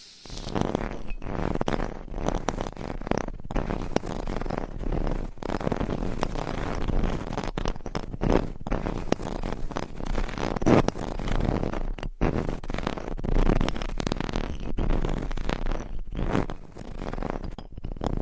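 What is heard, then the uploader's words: Binaural microphone scratching and rubbing fills the whole clip with dense, rough, crackling friction that stays fairly steady in level. Brief dropouts break it every second or two, like the hand lifting and landing again, with a low rumble underneath throughout. Binaural Mic Scratching , Massage & Tapping.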